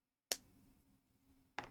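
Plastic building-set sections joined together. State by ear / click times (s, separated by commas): seated / 0.3 s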